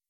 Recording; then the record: hydrophone in a shrimp aquaculture tank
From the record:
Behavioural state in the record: weakened